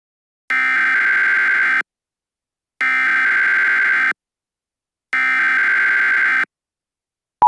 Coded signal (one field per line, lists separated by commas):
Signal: Emergency Alert System (SAME) tones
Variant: header bursts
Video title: EAS Scenario #1: Simple EAS Error